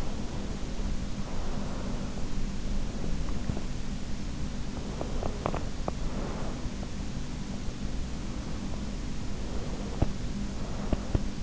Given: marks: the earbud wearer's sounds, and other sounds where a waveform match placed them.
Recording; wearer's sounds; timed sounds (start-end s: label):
sounds in sleep by an in-ear microphone; breath, teeth grinding
0.00-2.17 s: breath
4.55-5.58 s: teeth grinding
5.62-7.15 s: breath
9.35-11.43 s: breath